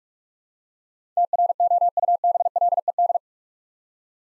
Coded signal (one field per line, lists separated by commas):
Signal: Morse code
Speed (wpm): 46 wpm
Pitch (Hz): 700 Hz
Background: none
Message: TROUBLED